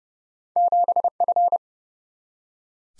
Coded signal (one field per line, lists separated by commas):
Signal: Morse code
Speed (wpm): 30 wpm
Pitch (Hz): 700 Hz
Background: none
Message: 7F